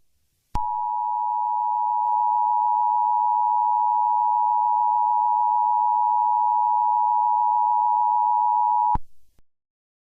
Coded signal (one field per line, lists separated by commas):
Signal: Emergency Alert System (SAME) tones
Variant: 853 and 960 Hz attention tone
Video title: EAS Scenario 7 - GMAN’s Terror!